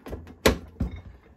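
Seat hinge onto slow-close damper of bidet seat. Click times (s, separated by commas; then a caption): 0.5 s. With a Bio Bidet toilet seat in the down position, the plastic seat hinge is lifted slightly out and pressed onto the slow-close damper. After a few soft plastic knocks, it seats with a sharp click at 0.5 s, followed by a duller knock at 0.8 s.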